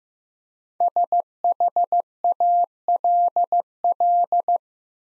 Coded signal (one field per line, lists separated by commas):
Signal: Morse code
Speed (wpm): 15 wpm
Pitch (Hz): 700 Hz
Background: none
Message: SHALL